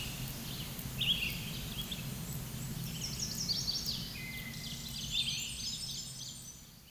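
Bird song of thin high whistled notes and short buzzy phrases, some falling, scattered throughout over steady low background rumble.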